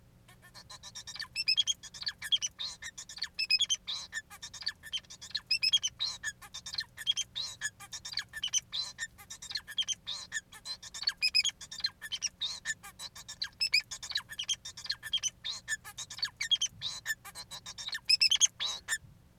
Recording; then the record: song of a male Bengalese finch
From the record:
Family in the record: son of father 4